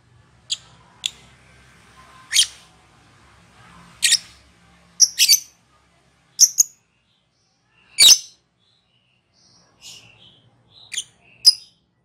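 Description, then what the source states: Lovebird giving scattered shrill chirps and squeaks at irregular intervals, some single and some in quick pairs. Lovebird giving its ngekek song.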